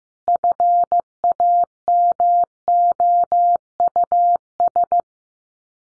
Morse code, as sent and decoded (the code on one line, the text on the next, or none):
..-. .- -- --- ..- ...
FAMOUS